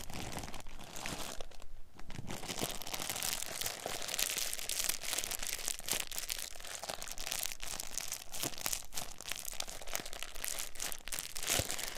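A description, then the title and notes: Plastic bags are crinkled and handled continuously, a dense, bright crackling that never settles. Sharper crunches and rustling bursts come irregularly every second or so throughout, with a brief quieter lull near the two-second mark. Crinkling Plastic Bags. We listen to the sound of multiple plastic bags being fiddled and played with. This is a binaural recording.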